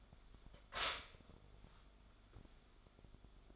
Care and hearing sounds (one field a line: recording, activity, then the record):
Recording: daily activity, microphone in the room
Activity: stop toaster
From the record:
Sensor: 5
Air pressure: 1014.8 hPa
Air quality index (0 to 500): 206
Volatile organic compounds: 9 ppm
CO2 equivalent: 2196 ppm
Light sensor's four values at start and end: 13/32/12/11 and 13/32/12/11